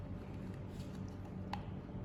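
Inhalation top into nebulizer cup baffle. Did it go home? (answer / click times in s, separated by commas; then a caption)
no / none. The plastic inhalation top of a compressor nebulizer is lined up over the baffle in the medication cup and turned clockwise, with faint handling noise over a steady low background hum and one brief sharp tick near 1.5 s. Nothing has seated or clicked yet.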